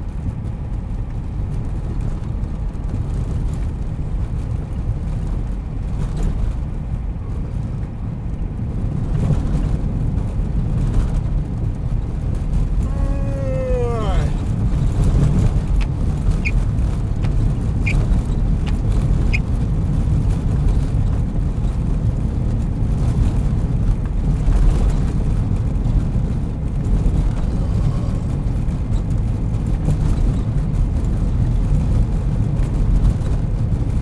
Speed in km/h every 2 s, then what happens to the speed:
56, 55, 56, 56, 57, 57, 57, 58, 58, 59, 59, 59, 59, 60, 60, 59, 60.
0-34 steady at about 58.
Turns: none.